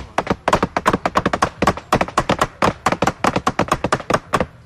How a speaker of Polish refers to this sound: Coś się tutaj dzieje. Kotlety ubijają, czy co nie, tu się dzieje? Robimy sobie odciski liści, dlatego słychać te tłuczenie. Bierzemy, rozkładamy płasko, zawijamy.